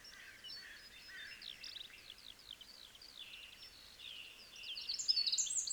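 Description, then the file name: Eurasian wren song: a busy series of quick, high notes and short warbles, building into a louder, sharper trill at the close. "Troglodytes troglodytes"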